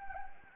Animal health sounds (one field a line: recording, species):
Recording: mosquito wingbeat signal from an infrared sensor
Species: Anopheles arabiensis